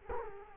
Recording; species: mosquito wingbeat signal from an infrared sensor; Culex quinquefasciatus